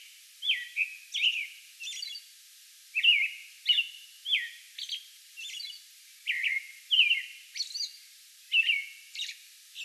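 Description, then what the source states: American robin song of warbled, slurred whistles given in small clusters with brief pauses, mixed with thin, high notes. May 11; song bout.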